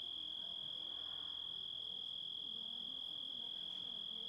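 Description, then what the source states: Grasshopper call: one even, piercing high note sustained for the whole stretch, never changing pitch, over quiet low background noise. Composite of several sounds.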